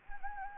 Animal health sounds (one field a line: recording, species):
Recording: mosquito wingbeat signal from an infrared sensor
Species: Anopheles gambiae